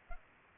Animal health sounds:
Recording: mosquito wingbeat signal from an infrared sensor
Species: Culex pipiens

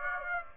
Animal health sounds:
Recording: mosquito wingbeat signal from an infrared sensor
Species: Aedes aegypti

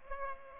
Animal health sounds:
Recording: mosquito wingbeat signal from an infrared sensor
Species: Culex pipiens

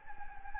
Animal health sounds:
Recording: mosquito wingbeat signal from an infrared sensor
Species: Anopheles gambiae

